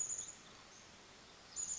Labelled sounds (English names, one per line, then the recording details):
Chestnut-backed Chickadee
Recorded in Sonoma County, California